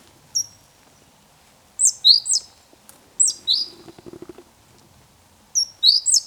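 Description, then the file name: Great tit with high, sharp, falling notes in groups of one to three, repeated every second or two, plus a short low rattling sound in the middle. "Parus major"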